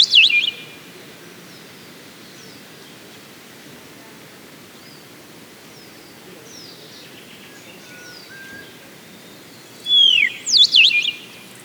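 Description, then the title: Black-crested warbler calls: a quick burst of sharp, high chips and sweeping notes at the start, then a longer cluster of bright chips near the end, with quiet background hiss. "Myiothlypis Nigrocristata"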